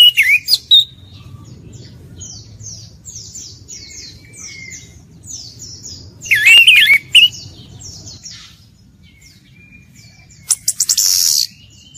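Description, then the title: Orange-headed thrush giving short bursts of wavering whistles and a harsh rattling note, with thin high chirps repeating in the background through the first half. Actively singing bird, described with the bird-keeping term gacor. "Anis Kembang Gacor"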